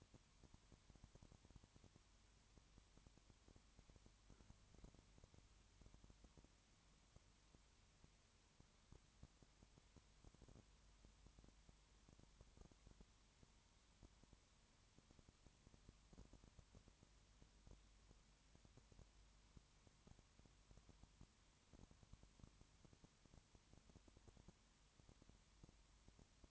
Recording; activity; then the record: daily activity, microphone in the room; no activity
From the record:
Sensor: 3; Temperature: 21.1 degrees Celsius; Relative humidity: 37.0%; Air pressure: 1010.6 hPa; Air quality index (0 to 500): 204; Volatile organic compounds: 31 ppm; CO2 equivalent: 2972 ppm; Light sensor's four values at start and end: 2/3/2/2 and 2/3/2/2